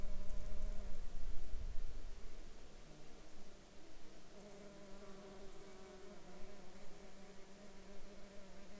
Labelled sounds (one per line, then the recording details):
insects
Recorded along the Dempster Highway, Canada, on 31 July 2020 at 12:10
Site 17